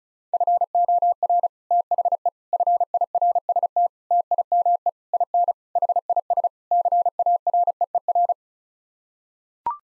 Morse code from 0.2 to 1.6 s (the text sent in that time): FOR